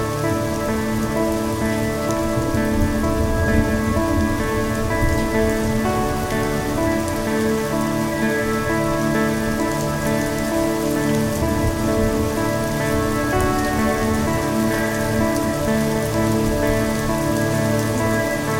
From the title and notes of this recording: Anton's recording of a night time storm in Ontario is excellent.